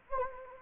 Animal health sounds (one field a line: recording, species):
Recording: mosquito wingbeat signal from an infrared sensor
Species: Anopheles gambiae